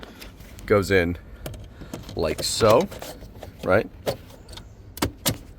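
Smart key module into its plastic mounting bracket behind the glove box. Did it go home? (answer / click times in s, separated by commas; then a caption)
yes / 5.0 s. On a 2020 Toyota C-HR, the smart key module is slid into its plastic mounting bracket behind the glove box while someone talks, with scattered light handling knocks. Its plastic tabs catch with a sharp double click at 5.0 s, and the module is seated and held firmly.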